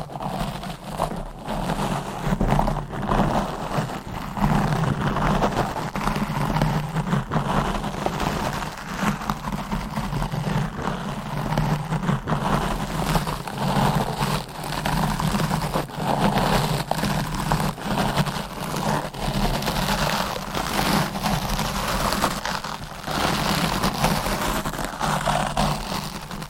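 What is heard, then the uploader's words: Close, dense scratching and brushing across a microphone runs the whole time, a steady rough rustle with a low thudding rumble underneath. Strokes come in quick uneven bursts that swell and ease every second or so, never stopping, sounding much like heavy rain. ASMR Deep Mic Scratching ,Brushing & Massage Asmr No Talking for Sleep.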